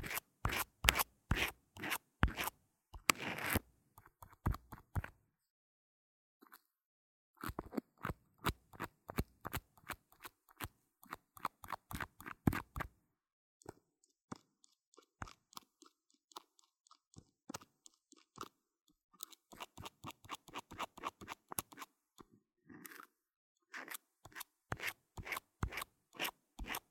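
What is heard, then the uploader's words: Dry scratching against an earphone microphone comes in quick bursts of rapid strokes, each a sharp crackly rasp. The rhythm is irregular: dense runs near the start, pauses around four and seven seconds, then lighter, faster flurries through to the end. 刷刷耳麥 | LO-FI | Earphone Mic Scratching | NO Talking.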